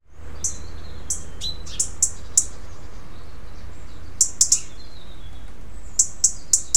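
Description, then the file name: European robin giving sharp, high ticking calls, single and in quick pairs or triplets, scattered throughout over a steady low rumble. "Erithacus rubecula"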